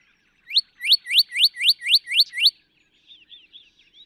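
Northern cardinal song made of a steady run of quick, clear upslurred whistles, followed by softer, fainter twittering.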